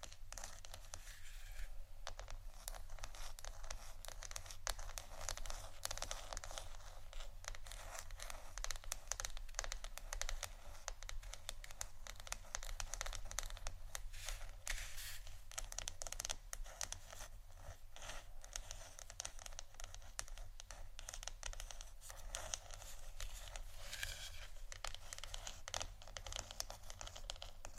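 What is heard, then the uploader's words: Wooden ASMR triggers: dense, continuous scratching and crinkly rubbing with rapid tapping clicks running the whole time. The texture stays busy and bright with little change, over a steady low hum underneath. ASMR Wooden Triggers（No Talking）.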